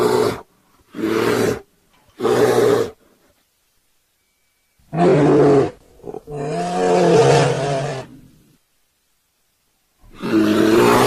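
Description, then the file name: Bear snarling in three short gruff bursts, then a pause before longer rumbling roars with a deep tone, one lasting about two seconds. "NIEDZWIEDZ"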